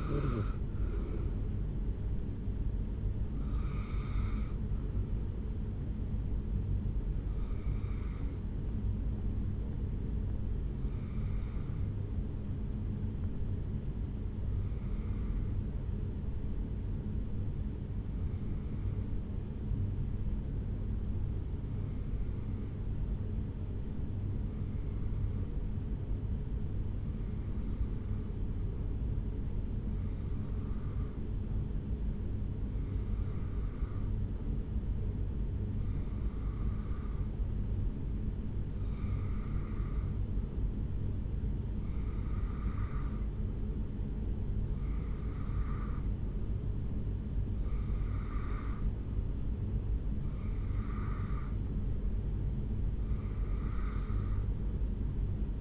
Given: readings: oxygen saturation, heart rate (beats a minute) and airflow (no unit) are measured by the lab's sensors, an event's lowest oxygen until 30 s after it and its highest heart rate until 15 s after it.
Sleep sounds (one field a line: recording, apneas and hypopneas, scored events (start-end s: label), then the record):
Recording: breathing in sleep by a smartphone at the bedside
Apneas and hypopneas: 1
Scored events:
13.00-41.30 s: hypopnea (REM, oxygen 97% highest, then 88% lowest, heart rate 58 at the start, 72 highest)
From the record:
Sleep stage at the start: REM sleep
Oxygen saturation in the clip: 83 to 97%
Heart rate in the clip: 57 to 76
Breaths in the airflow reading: 16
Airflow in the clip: -4.9 to 5.5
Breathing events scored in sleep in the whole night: 449 in 7.0 hours asleep